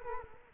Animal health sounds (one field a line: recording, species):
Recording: mosquito wingbeat signal from an infrared sensor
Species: Culex quinquefasciatus